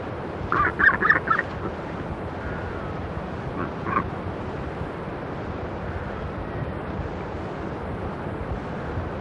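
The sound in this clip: Southern royal albatross uttering a quick series of raspy honking notes, then a single honk a few seconds later, with steady rushing noise throughout.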